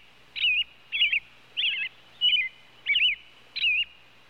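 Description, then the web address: Robin calling, six sharp warbled chirps spaced fairly evenly. "bird robin robin calls animal"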